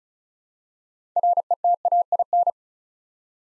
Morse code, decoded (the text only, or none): RETAIN